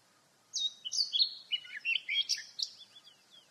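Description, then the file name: Eurasian blackcap singing a rich, hurried warble of bright whistled and chattering notes lasting about two seconds, then trailing off into soft high notes over a faint steady hiss. "Sylvia atricapilla"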